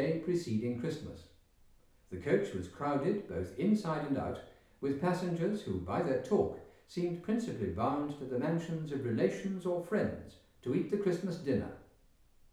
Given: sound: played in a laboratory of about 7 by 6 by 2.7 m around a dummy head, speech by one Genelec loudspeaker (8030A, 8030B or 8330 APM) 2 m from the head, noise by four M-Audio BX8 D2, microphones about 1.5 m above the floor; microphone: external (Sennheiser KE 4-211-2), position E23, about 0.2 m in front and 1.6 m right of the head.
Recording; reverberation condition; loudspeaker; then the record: male speech in English; medium; 150 degrees to the right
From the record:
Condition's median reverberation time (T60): about 510 ms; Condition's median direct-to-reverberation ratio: about -0.5 dB